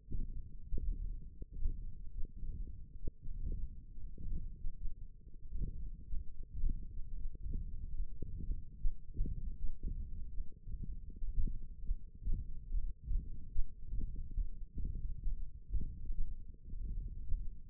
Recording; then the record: forearm muscle sounds (acoustic myography)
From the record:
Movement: hand opening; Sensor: system 1, eight BSWA MPA416 microphones around the upper forearm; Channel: 4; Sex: male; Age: 21 years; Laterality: right